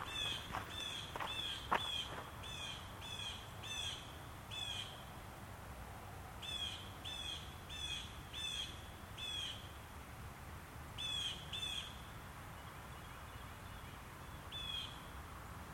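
A walk in Michaux State Forest with a bird giving short, harsh, bright calls in quick runs, densest in the first five seconds, then again around seven to nine seconds and near eleven seconds. A steady low rushing hum runs underneath throughout.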